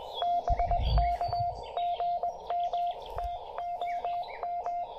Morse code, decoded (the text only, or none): BK GM TOM